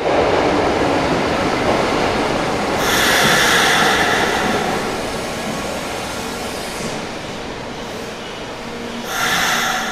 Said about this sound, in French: Tout le monde sort de la rame du métro dans les bruits habituels. Appels sonores, rires intempestifs, paroles qui flottent comme dragons rampants.